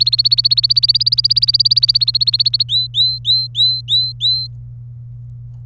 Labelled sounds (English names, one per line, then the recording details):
Domestic Canary song
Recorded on 27 April 2018 at 14:16
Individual llb3